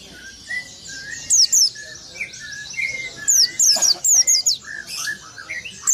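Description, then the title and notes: White-eye song: brief flurries of shrill, high twittering notes, several in quick succession, alongside lower whistles. Local name pleci. "Burung Peci. kumpuln pleci terbaru"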